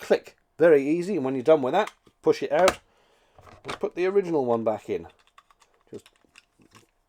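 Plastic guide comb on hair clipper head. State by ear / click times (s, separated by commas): not seated / none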